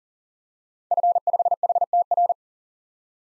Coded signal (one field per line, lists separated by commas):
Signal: Morse code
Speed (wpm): 38 wpm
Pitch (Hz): 700 Hz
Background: none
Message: F5HTR